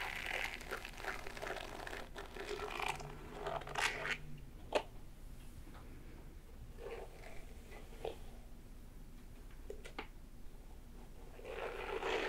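Hair play with back scratching and massage: soft rustling and scratching strokes come in bursts, busiest in the first four seconds and again near the end. Sharp brief taps and crinkles punctuate the quieter middle, over a steady low hush.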